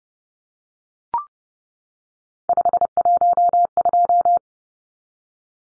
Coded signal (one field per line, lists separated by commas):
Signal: Morse code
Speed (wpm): 30 wpm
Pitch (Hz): 700 Hz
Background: none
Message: 512